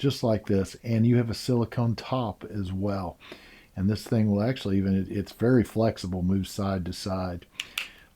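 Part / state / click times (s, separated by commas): silicone flip straw into water bottle straw lid / seated / 7.6 s, 7.8 s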